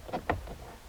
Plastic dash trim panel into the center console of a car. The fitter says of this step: Then snaps into place.